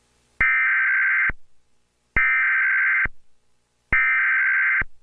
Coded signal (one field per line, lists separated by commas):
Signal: Emergency Alert System (SAME) tones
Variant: header bursts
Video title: EAS SCENARIO #11 - A Terrible Tornado Outbreak